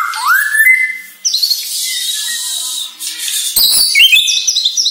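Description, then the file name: White-rumped shama song: a rising whistle followed by a high buzzy stretch, then sharp clicks and high chattering notes. Bornean type; lure recording meant to make shamas sing actively ('gacor'). "Sara Pancingan Murai Batu Borneo Agar Gacor Dor"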